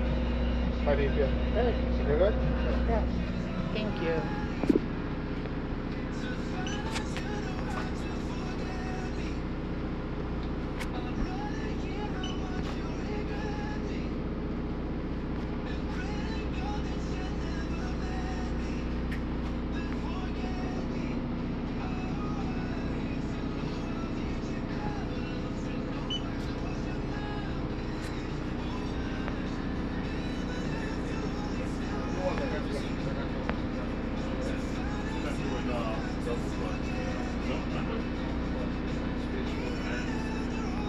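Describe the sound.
Inside a mobile blood donation bus, a steady low engine-like hum runs under radio talk, with a few faint beeps and clicks scattered throughout.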